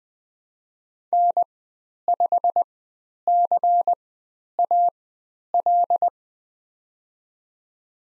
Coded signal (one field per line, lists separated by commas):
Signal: Morse code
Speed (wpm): 20 wpm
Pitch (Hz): 700 Hz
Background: none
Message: N5CAL